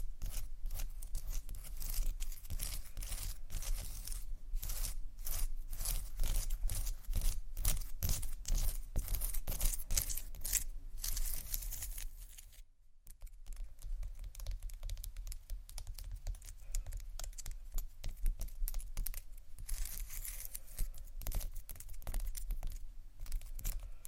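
Hard tiles of stone, shell and glass are scratched and tapped in a dense, fast run of bright clicks and scrapes that barely lets up. A brief silence falls around the midpoint before the busy tapping resumes, over a steady low hum.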